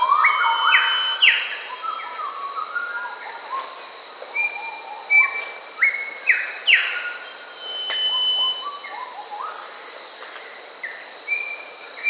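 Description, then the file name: Grey Whistler song: clear whistled notes in stepped phrases, some rising and some falling, repeated in quick bursts over a steady high insect drone. Recorded in Papua New Guinea. "Pach Simp"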